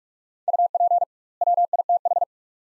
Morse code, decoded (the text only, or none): UP WITH